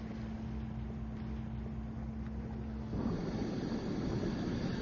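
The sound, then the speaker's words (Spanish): An inflatable motorboat, lowered from the Solmar to carry a group of divers to Roca Partida on rough sea, drones steadily with a low, even hum, then gives way to louder, rougher rushing of water and wind across the hull for the last couple of seconds. No voices. “Así que bajan una lancha inflable para transportar al diverso grupo de buzos hacia la roca.”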